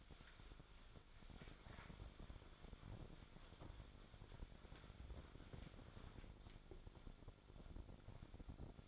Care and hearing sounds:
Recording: daily activity, microphone in the room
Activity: wipe stove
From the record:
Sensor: 5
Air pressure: 1007.1 hPa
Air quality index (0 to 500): 174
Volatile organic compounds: 4 ppm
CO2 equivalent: 1669 ppm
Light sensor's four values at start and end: 52/144/57/57 and 52/142/57/57

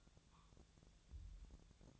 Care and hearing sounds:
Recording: daily activity, microphone in the room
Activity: take from stove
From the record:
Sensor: 3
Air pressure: 999.3 hPa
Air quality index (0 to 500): 199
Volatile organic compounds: 46 ppm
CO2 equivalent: 3245 ppm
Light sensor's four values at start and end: 7/17/7/6 and 7/17/7/6

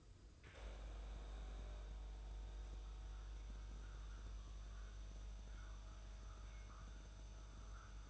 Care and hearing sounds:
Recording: daily activity, microphone in the room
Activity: make coffee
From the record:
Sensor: 2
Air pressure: 995.0 hPa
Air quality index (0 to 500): 52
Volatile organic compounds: 1 ppm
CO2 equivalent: 838 ppm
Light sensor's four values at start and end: 15/51/20/19 and 15/51/20/19

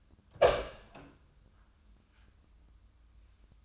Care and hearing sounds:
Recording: daily activity, microphone in the room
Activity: open door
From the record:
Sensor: 2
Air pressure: 1004.8 hPa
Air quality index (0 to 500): 73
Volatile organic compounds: 1 ppm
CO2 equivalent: 867 ppm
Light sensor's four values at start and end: 7/16/7/7 and 7/17/7/7

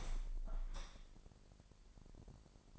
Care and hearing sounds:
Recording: daily activity, microphone in the room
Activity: open window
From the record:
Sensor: 5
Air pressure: 1000.0 hPa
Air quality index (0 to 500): 248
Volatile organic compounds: 34 ppm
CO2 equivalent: 3049 ppm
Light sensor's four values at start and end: 34/80/32/30 and 34/80/32/30

